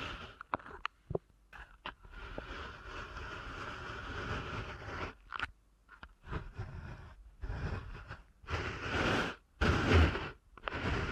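Ear canal massage sounds: soft, dense rubbing and scraping that swells and fades in waves, with muffled crunchy textures. Brief gaps of silence break it around 5, 6, 7.5 and 9.5 seconds, and sharp ticks and thumps appear early on.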